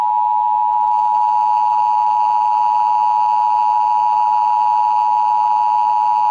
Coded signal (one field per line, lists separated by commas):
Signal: Emergency Alert System (SAME) tones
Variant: 853 and 960 Hz attention tone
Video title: (200th EAS!) (Read Desc!) Required Monthly Test from Charter Spectrum (EAS #200)